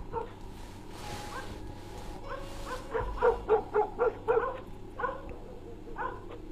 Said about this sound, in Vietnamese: Đâu đó xa xa có tiếng chó sủa nhấm nha nhấm nhặng, tiếng xì xào rào rạc của lá khô bị gió cuốn bay trên mặt đất.